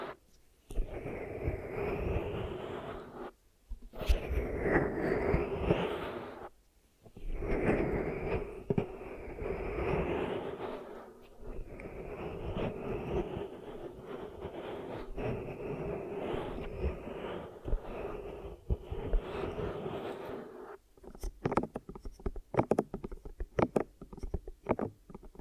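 Ear massage and cleaning: a dense, muffled rubbing and rumbling that fills the sound for long stretches, broken by brief silences near 4, 7 and 11 seconds. From about 21 seconds it turns into short scattered clicks and taps with quiet gaps between them.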